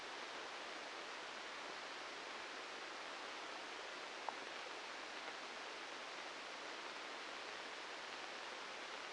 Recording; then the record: brain microelectrode recording played as sound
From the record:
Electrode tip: outside the subthalamic nucleus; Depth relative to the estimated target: -2 mm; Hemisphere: left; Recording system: NeuroSet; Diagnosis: Parkinson's disease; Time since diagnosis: 13 years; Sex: male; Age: 63 years